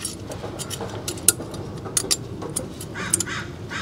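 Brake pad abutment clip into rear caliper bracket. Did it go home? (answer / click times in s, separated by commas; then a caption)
no / none. New metal brake pad abutment clips are pressed into the rear caliper bracket of a 2016–2018 Scion iM / Toyota Corolla iM, giving a few sharp metallic ticks and light scrapes over faint background noise. None of the clips has snapped or seated; they sit looser than usual but still look usable.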